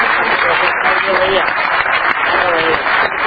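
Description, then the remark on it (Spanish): An audience in Argentina applauds Federico Lupi steadily, a dense, continuous wash of clapping hands at full volume throughout, with faint voices mixed in beneath the applause. “Federico Lupi, ya que no nombré, un gran aplauso, perdón Federico.”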